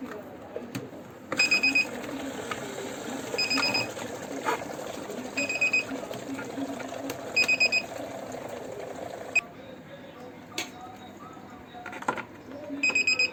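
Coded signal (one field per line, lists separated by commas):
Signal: beep code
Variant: Kent RO water purifier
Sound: bursts of four quick high beeps repeating about every two seconds over background noise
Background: room noise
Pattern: 4 short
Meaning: Yearly filter service reset reminder is due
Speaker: इसका फ़िल्टर और ये सब सही है, फिर भी ये आवाज़ करता है क्योंकि ये 1 साल के अंदर इसका रीसेट का टाइमिंग आ जाता है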